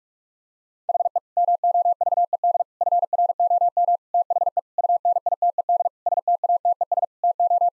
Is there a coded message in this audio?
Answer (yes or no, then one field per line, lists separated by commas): yes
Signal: Morse code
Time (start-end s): 0.9-7.7 s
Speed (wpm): 48 wpm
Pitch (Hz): 700 Hz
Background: none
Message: HE MOVED FROM THE UNITED STATES TO